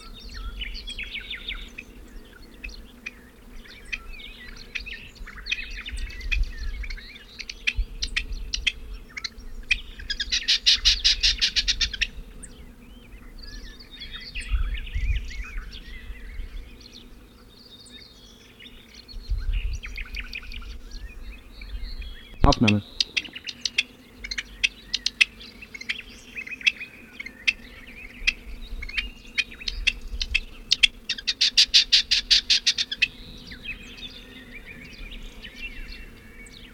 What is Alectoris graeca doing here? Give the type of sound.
call